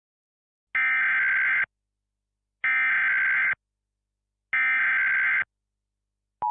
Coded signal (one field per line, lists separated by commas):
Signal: Emergency Alert System (SAME) tones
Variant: header bursts